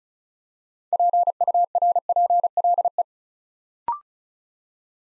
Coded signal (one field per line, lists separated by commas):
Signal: Morse code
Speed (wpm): 36 wpm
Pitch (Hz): 700 Hz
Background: none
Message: PURPLE